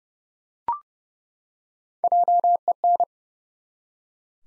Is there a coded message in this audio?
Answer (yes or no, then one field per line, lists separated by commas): yes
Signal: Morse code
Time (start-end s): 2.0-3.0 s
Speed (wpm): 30 wpm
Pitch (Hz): 700 Hz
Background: none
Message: JEN